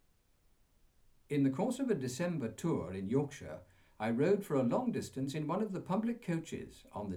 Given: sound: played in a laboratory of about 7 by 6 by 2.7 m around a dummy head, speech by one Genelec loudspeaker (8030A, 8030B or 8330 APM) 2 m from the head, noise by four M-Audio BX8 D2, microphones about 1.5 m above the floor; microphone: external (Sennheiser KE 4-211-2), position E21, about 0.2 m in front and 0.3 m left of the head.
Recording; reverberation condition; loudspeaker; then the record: male speech in English; low; in front (0 degrees)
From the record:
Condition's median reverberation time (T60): about 310 ms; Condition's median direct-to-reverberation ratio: about 3.5 dB